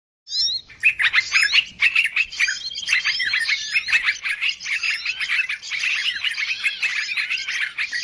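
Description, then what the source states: Bird calls in a dense chorus of sharp, high chirps and twitters that pile up and keep going steadily after a brief opening silence. Lure sound played to attract birds.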